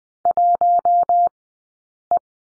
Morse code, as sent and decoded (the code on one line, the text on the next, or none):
.---- .
1E